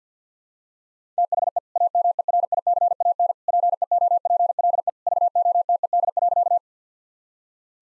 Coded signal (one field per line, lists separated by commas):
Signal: Morse code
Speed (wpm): 50 wpm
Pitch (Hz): 700 Hz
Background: none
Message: THE AMERICAN PEOPLE VOTED.